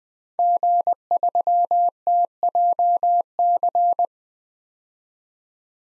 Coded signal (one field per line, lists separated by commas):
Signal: Morse code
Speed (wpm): 20 wpm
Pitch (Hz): 700 Hz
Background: none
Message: G3TJC